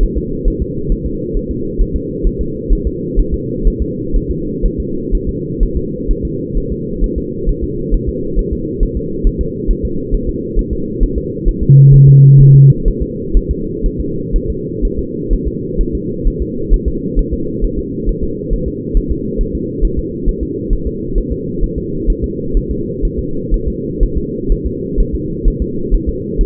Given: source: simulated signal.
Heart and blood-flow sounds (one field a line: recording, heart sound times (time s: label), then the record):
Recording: fetal heart sounds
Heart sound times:
0.03 s: S1
0.17 s: S2
0.48 s: S1
0.62 s: S2
0.92 s: S1
1.06 s: S2
1.37 s: S1
1.51 s: S2
1.81 s: S1
1.96 s: S2
2.27 s: S1
2.41 s: S2
2.73 s: S1
2.87 s: S2
3.19 s: S1
3.34 s: S2
3.67 s: S1
3.82 s: S2
4.16 s: S1
4.30 s: S2
4.66 s: S1
4.80 s: S2
5.15 s: S1
5.29 s: S2
5.63 s: S1
5.77 s: S2
6.11 s: S1
6.25 s: S2
6.58 s: S1
6.72 s: S2
7.04 s: S1
7.18 s: S2
7.49 s: S1
7.63 s: S2
7.94 s: S1
8.09 s: S2
8.39 s: S1
8.53 s: S2
8.83 s: S1
8.97 s: S2
9.27 s: S1
9.41 s: S2
9.71 s: S1
9.85 s: S2
10.14 s: S1
10.29 s: S2
10.59 s: S1
10.73 s: S2
11.03 s: S1
11.18 s: S2
11.48 s: S1
11.63 s: S2
11.94 s: S1
12.08 s: S2
12.41 s: S1
12.55 s: S2
12.88 s: S1
13.02 s: S2
13.37 s: S1
13.51 s: S2
13.86 s: S1
14.00 s: S2
14.36 s: S1
14.50 s: S2
14.85 s: S1
14.99 s: S2
15.33 s: S1
15.48 s: S2
15.81 s: S1
15.95 s: S2
16.27 s: S1
16.42 s: S2
16.73 s: S1
16.88 s: S2
17.19 s: S1
17.33 s: S2
17.64 s: S1
17.79 s: S2
18.09 s: S1
18.23 s: S2
18.53 s: S1
18.68 s: S2
18.97 s: S1
19.11 s: S2
19.41 s: S1
19.55 s: S2
19.84 s: S1
19.99 s: S2
20.29 s: S1
20.43 s: S2
20.73 s: S1
20.87 s: S2
21.18 s: S1
21.32 s: S2
21.64 s: S1
21.78 s: S2
22.10 s: S1
22.24 s: S2
22.57 s: S1
22.71 s: S2
23.05 s: S1
23.19 s: S2
23.54 s: S1
23.68 s: S2
24.03 s: S1
24.18 s: S2
24.52 s: S1
24.66 s: S2
25.00 s: S1
25.15 s: S2
25.48 s: S1
25.62 s: S2
25.94 s: S1
26.09 s: S2
26.41 s: S1
From the record:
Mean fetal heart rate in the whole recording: 130 bpm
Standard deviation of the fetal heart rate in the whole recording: 4 bpm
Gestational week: 38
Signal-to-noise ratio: -6.6 dB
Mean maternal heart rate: 72 bpm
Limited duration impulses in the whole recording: present